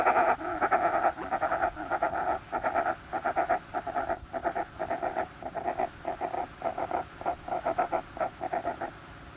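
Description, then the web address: Short-tailed shearwater giving harsh, pulsed cackling calls in rhythmic bursts, with short pauses between runs throughout. "Songs of Birds of North America Stokes. Short-tailed Shearwater"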